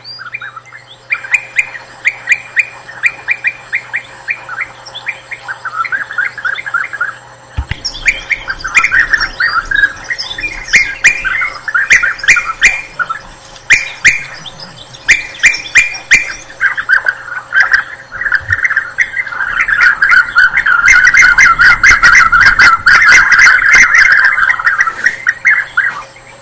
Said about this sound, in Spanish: Si sonaba ese pájaro, sabemos o podemos decir ya quién hay es. Hay dos oyentes, Diego y Josema, ¿no?, que han indicado bien su nombre y efectivamente se trata del abejaruco.